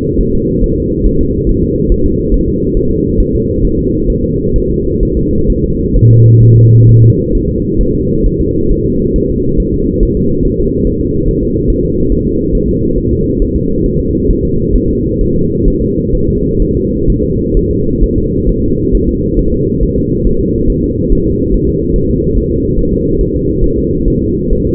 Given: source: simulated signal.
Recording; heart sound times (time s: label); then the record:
fetal heart sounds
0.21 s: S1
0.35 s: S2
0.64 s: S1
0.78 s: S2
1.07 s: S1
1.21 s: S2
1.49 s: S1
1.63 s: S2
1.92 s: S1
2.06 s: S2
2.34 s: S1
2.48 s: S2
2.77 s: S1
2.91 s: S2
3.20 s: S1
3.35 s: S2
3.64 s: S1
3.79 s: S2
4.10 s: S1
4.24 s: S2
4.56 s: S1
4.70 s: S2
5.03 s: S1
5.17 s: S2
5.50 s: S1
5.64 s: S2
5.96 s: S1
6.11 s: S2
6.43 s: S1
6.57 s: S2
6.89 s: S1
7.04 s: S2
7.35 s: S1
7.50 s: S2
7.81 s: S1
7.95 s: S2
8.26 s: S1
8.41 s: S2
8.71 s: S1
8.86 s: S2
9.16 s: S1
9.30 s: S2
9.60 s: S1
9.74 s: S2
10.03 s: S1
10.17 s: S2
10.45 s: S1
10.60 s: S2
10.87 s: S1
11.01 s: S2
11.29 s: S1
11.43 s: S2
11.70 s: S1
11.85 s: S2
12.12 s: S1
12.27 s: S2
12.55 s: S1
12.69 s: S2
12.98 s: S1
13.13 s: S2
13.42 s: S1
13.56 s: S2
13.86 s: S1
14.00 s: S2
14.31 s: S1
14.45 s: S2
14.76 s: S1
14.90 s: S2
15.21 s: S1
15.36 s: S2
15.68 s: S1
15.82 s: S2
16.15 s: S1
16.29 s: S2
16.62 s: S1
16.76 s: S2
17.10 s: S1
17.24 s: S2
17.57 s: S1
17.71 s: S2
18.04 s: S1
18.18 s: S2
18.49 s: S1
18.64 s: S2
18.95 s: S1
19.09 s: S2
19.39 s: S1
19.54 s: S2
19.83 s: S1
19.98 s: S2
20.27 s: S1
20.41 s: S2
20.70 s: S1
20.84 s: S2
21.12 s: S1
21.27 s: S2
21.54 s: S1
21.69 s: S2
21.96 s: S1
22.10 s: S2
22.37 s: S1
22.52 s: S2
22.79 s: S1
22.93 s: S2
23.21 s: S1
23.36 s: S2
23.64 s: S1
23.78 s: S2
24.08 s: S1
24.22 s: S2
24.53 s: S1
24.67 s: S2
From the record:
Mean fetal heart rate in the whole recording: 135 bpm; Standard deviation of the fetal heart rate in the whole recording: 3 bpm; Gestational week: 36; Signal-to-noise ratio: -15.3 dB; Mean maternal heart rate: 72 bpm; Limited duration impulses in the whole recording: present